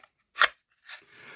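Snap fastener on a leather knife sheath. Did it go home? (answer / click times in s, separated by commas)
no / none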